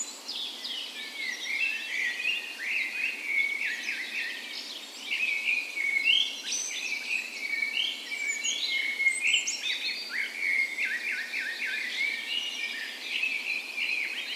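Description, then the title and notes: Birds sing a dense dawn chorus, with rapid twittering phrases, whistles and chattering trills overlapping without pause throughout. Dawn chorus in a park west in Bergen, Norway, on the spring morning of 17 May, Norway's National Day; Sony PCM A10 recorder with LOM Usi microphones as tree ears. "17th Of May Dawn Chorus. Recorded on the morning of Norways National Day the 17th of May in a park west in Bergen. Spring is in full effect, and the dawn chorus sounds wonderful!"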